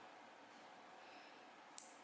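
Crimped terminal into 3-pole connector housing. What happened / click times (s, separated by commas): The terminal clicked into the connector housing / 1.8 s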